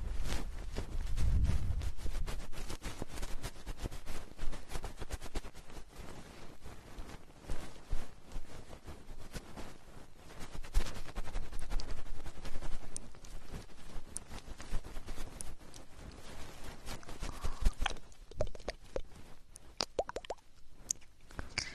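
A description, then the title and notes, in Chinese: Two-person ear cleaning: dense, rapid crackling and scratching fills the whole stretch, a steady stream of tiny bright ticks and rustles. A soft low thump comes near the start, and around the eighteen-second mark a brief higher tone and sparser clicks break through. 双人采耳。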